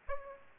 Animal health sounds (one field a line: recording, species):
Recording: mosquito wingbeat signal from an infrared sensor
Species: Aedes aegypti